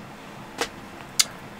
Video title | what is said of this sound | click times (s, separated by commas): ZOHD Dart XL Extreme PNP The The Build Part3 | So there's only one way these goes in, and they kind of like, you can hear it. | 1.2 s